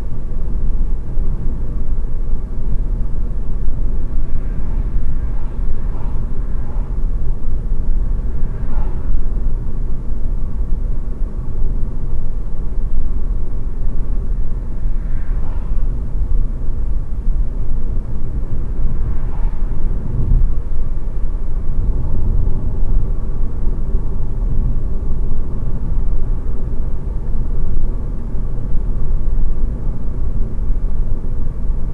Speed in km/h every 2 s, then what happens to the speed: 76, 77, 75, 73, 74, 76, 77, 80, 80, 81, 80, 80, 80, 80, 80, 80.
0-6 steady at about 75. 6-14 speeds up to 80. 14-32 steady at about 80.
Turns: none.